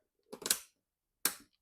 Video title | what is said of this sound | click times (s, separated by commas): Vectothor Falcon - unpack & install | I'm just turning it forward to use. It does two clicks. It allows me to pull the globe out. | 0.5 s, 1.3 s